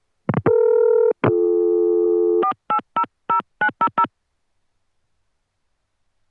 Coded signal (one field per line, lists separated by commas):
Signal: DTMF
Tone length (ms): 100 ms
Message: 4800900